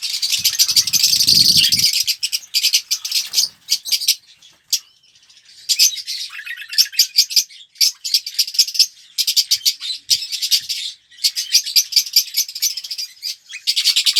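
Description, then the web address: Red-rumped parrot chatter, busy scratchy twitters and rattles in irregular bursts with short gaps, a low rumble near the start. "pevcii popugai. parrots psephotus-haematonotus"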